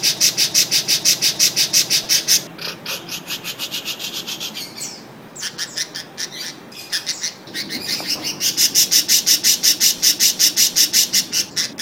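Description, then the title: Oriental magpie-robin song: long runs of quick, evenly spaced, high notes, broken midway by harsher scratchy sounds before the rapid series resumes. Described as a champion bird singing vigorously and continuously (gacor in Indonesian); a master recording for tutoring songbirds. "Kacer Juara Gacor"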